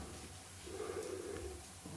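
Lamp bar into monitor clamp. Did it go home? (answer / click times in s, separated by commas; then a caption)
no / none. A plastic BenQ ScreenBar e-Reading lamp bar is positioned on the clamp that sits over the monitor, with the power lead guided through as the bar is lined up. Only a low hum and a soft, muffled tone from about 0.7 to 1.5 seconds are heard, with no sharp sounds. Nothing has clicked into place yet.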